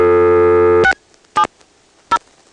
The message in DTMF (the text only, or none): 670